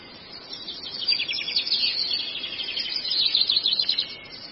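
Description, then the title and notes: Long-tailed shrike song of fast, rattling trills and squeaky high notes in an unbroken, varied jumble. Training recording (masteran) of the long-tailed shrike for teaching songbirds. "Cendet 04. Masteran Burung Cendet"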